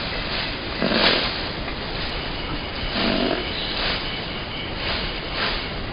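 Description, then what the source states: Orangutan calls: a few short, breathy, raspy bursts, repeating irregularly over a steady hiss of background noise. From a study of call cultures in orangutans.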